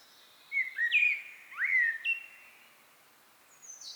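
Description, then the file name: Common blackbird giving a short phrase of mellow, slurred whistles in the first two seconds, followed by a faint high squeak near the end. "Turdus merula"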